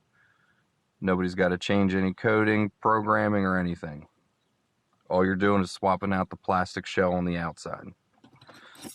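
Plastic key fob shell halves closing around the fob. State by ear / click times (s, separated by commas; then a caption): seated / 8.4 s. The two plastic halves of a replacement Dodge key fob shell are pressed together around the fob electronics while someone talks. The shell snaps shut with a sharp click at 8.4 s, and the halves are seated.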